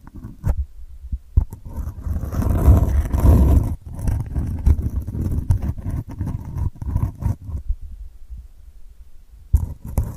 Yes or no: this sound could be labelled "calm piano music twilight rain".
no